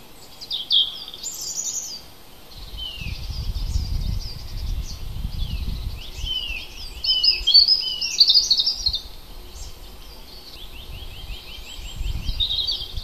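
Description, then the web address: Birds singing high chirps and trills almost throughout, several notes overlapping, with low rumbling at times. Native hedge birds recorded in April. "hecke vogel april vogel heimisch"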